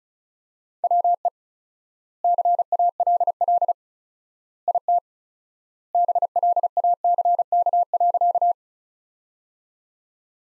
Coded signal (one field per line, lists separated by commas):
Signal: Morse code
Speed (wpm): 36 wpm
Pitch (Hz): 700 Hz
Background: none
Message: WE CALL IT BLACK.